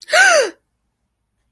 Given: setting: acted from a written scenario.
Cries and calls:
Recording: vocal sound without words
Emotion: fear

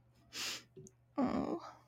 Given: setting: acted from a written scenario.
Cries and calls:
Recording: vocal sound without words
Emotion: sadness

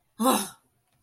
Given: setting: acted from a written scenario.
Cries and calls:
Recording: vocal sound without words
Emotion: negative surprise

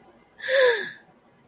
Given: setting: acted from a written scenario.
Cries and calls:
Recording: vocal sound without words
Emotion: elation

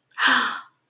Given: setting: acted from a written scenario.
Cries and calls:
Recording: vocal sound without words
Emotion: distress

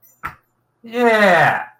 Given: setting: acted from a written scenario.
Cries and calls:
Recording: vocal sound without words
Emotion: elation

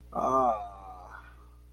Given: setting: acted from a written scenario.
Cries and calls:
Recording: vocal sound without words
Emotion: sympathy

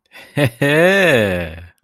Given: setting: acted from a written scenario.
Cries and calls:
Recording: vocal sound without words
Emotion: pride

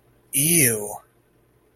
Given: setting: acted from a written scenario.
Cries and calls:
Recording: vocal sound without words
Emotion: disgust

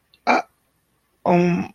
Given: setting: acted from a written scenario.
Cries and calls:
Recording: vocal sound without words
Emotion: guilt

